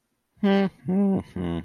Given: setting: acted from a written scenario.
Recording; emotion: vocal sound without words; neutral